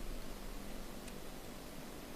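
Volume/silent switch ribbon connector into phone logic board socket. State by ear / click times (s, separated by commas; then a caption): not seated / none. The volume and silent switch ribbon cable connector of an iPhone 5 is being lined up and gently pressed down toward its socket on the phone's logic board. Only a steady broadband hiss is heard throughout, with a faint brief high-pitched trace near 1.1 s. Nothing has seated or clicked yet.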